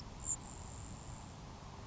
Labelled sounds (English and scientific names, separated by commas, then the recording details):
Grasshopper Sparrow (Ammodramus savannarum)
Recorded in Sonoma County, California